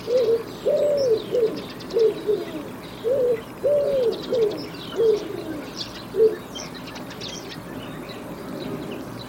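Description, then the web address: Bird giving a series of low cooing notes that stop midway, leaving quiet background with faint chirps. "Bird Only"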